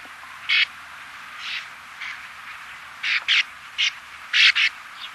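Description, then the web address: Sand martin giving short rasping chirps, spaced at first and then closer together, against low steady background noise. Sakhalin and Kuril Islands. "priroda sakhalina i kuril. Riparia riparia"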